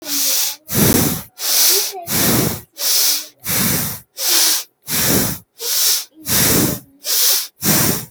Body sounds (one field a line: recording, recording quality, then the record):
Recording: shallow breathing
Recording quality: excellent, no background noise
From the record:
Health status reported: healthy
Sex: male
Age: 38 years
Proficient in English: yes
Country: India